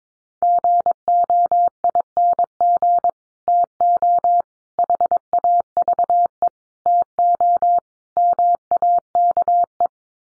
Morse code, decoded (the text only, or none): GOING TO HAVE TO MAKE